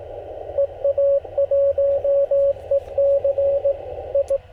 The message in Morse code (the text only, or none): EA1EC I